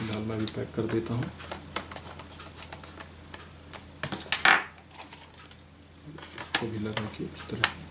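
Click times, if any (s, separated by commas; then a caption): none. Someone talks while handling the plastic bottom cover of a laptop, fitting it onto the laptop chassis after an SSD install. Short, sharp knocks and rattles are heard, with the loudest cluster around 4.0–4.5 s, before the sound settles into quieter handling. Nothing has seated or clicked yet.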